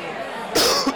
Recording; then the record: coughing mixed with background sound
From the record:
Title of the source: Coughing 60